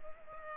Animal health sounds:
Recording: mosquito wingbeat signal from an infrared sensor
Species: Culex pipiens

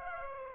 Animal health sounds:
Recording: mosquito wingbeat signal from an infrared sensor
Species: Aedes aegypti

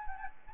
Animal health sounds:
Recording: mosquito wingbeat signal from an infrared sensor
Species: Anopheles gambiae

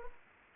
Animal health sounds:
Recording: mosquito wingbeat signal from an infrared sensor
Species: Aedes aegypti

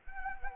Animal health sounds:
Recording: mosquito wingbeat signal from an infrared sensor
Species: Anopheles arabiensis

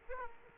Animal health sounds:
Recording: mosquito wingbeat signal from an infrared sensor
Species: Aedes aegypti

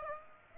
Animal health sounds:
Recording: mosquito wingbeat signal from an infrared sensor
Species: Aedes aegypti

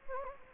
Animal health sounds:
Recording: mosquito wingbeat signal from an infrared sensor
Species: Anopheles gambiae

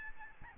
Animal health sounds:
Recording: mosquito wingbeat signal from an infrared sensor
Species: Aedes albopictus

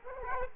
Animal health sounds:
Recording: mosquito wingbeat signal from an infrared sensor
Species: Culex quinquefasciatus

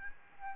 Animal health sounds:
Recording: mosquito wingbeat signal from an infrared sensor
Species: Aedes albopictus

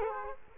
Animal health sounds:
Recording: mosquito wingbeat signal from an infrared sensor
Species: Culex quinquefasciatus

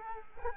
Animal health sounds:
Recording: mosquito wingbeat signal from an infrared sensor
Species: Culex quinquefasciatus

